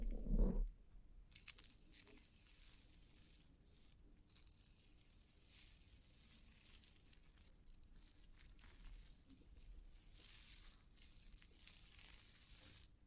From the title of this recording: Bling Bling Triggers